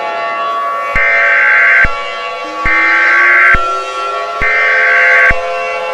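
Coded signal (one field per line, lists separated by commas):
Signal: Emergency Alert System (SAME) tones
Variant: header bursts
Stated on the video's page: Fictional EAS scenario about a bird attack.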